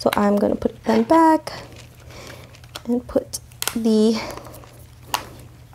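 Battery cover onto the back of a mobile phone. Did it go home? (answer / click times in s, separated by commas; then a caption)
yes / 5.1 s. A plastic battery cover is refitted onto the back of a BlindShell Classic mobile phone while someone talks, with soft handling and rustling sounds in between. A sharp, loud snap at 5.1 s marks the cover clicking into place, seated.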